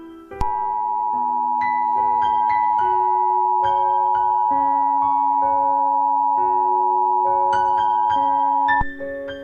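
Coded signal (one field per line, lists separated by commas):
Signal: Emergency Alert System (SAME) tones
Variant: 853 and 960 Hz attention tone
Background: music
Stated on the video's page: EAS SAME tones in an animated film based on a fictional EAS apocalypse scenario, a simulated alert.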